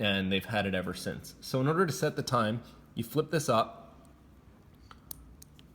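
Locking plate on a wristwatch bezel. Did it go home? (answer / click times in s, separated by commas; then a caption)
released / 5.1 s. A man talks, then the metal locking plate on the bezel of a Ulysse Nardin Freak Diavolo wristwatch is flipped up to unlock time-setting. A few faint ticks are followed by a sharp click at 5.1 s as the plate releases, leaving it unlocked.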